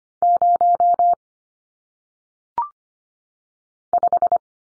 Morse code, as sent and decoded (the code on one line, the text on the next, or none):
----- / .....
0 5